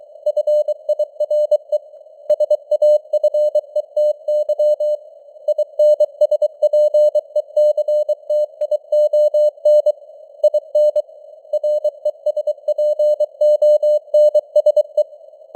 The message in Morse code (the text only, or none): FIRE SAFETY INSPECTION IN RESPONSE